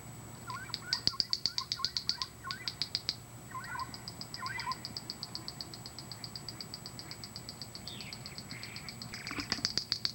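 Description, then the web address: Wren-like Rushbird giving quick series of dry ticks, with short lower chirping notes mixed in. "cantos junquero"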